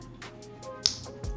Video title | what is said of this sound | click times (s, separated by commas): How to remove the front face on automotive wiring connectors | insert it back on on the front and push in until you hear that click | 0.9 s